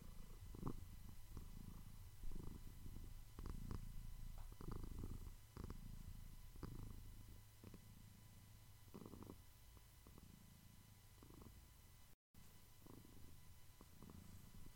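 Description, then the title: Domestic cat purring steadily, a deep rumbling drone with soft pulses, briefly cutting out near the end. Compilation of soothing cat purrs presented for relaxation and sleep. "ASMR Cat Meows for Deep Relaxation and Sleep"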